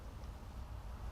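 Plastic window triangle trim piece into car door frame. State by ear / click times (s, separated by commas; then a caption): not seated / none. A plastic window-triangle trim piece is handled at the inner door frame of a Porsche 991 911 C4S (991.1), being pressed back in so it will snap firmly into place and not pop out. Only a steady low rumble with no distinct transients is heard across the 1.2 seconds. Nothing has seated or clicked yet.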